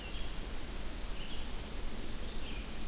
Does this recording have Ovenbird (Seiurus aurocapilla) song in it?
no